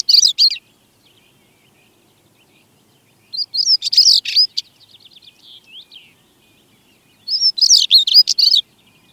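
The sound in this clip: Stonechat song: short, scratchy, twittering phrases repeated about every four seconds, with a fainter series of thin, rapid notes between them.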